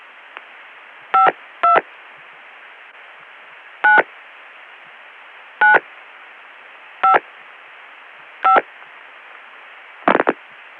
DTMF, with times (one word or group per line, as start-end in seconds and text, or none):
1.1-1.8 52
3.8-4.0 9
5.6-5.7 9
7.0-7.1 5
8.4-8.6 5